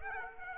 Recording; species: mosquito wingbeat signal from an infrared sensor; Aedes aegypti